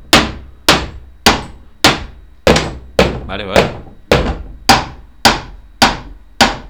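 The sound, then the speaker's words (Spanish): A hammer strikes a plastic chair about eleven times in a steady rhythm, each blow a sharp, hollow knock that fades quickly, with a person briefly speaking midway. “No, es que es plástico y al pegarle con el martillo rebota para atrás con bastante fuerza.”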